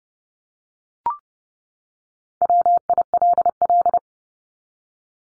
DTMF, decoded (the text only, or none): none